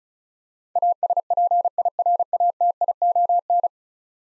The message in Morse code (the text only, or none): ASPIRATION